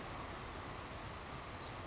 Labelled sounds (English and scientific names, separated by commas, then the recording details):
Savannah Sparrow (Passerculus sandwichensis)
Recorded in Sonoma County, California